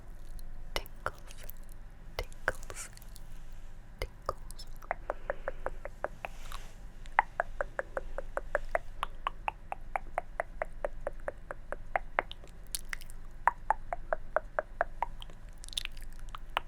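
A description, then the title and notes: Tongue clicking, sharp wet clicks at first scattered and irregular, then from about five seconds settling into a quick, fairly steady run of several per second that continues to the end. A soft, constant low hum sits underneath, with faint breathy rustles between clicks. ASMR Tongue Clicking & Personal Attention.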